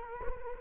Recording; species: mosquito wingbeat signal from an infrared sensor; Culex quinquefasciatus